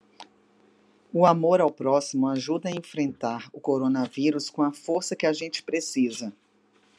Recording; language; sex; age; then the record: spoken sentence; Brazilian Portuguese; female; 50 to 59 years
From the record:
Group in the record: control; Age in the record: 53 years